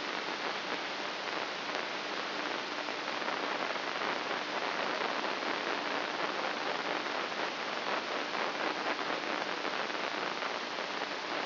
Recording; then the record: brain microelectrode recording played as sound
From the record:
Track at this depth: inside the subthalamic nucleus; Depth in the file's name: 4.385 mm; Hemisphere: left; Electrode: 3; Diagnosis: Parkinson's disease